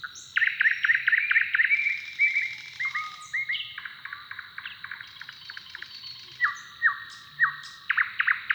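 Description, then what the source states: Bird song with dense buzzy trills and bright whistled slurs, phrases tumbling over each other, then spaced single notes near the end. Song duel between neighbouring males.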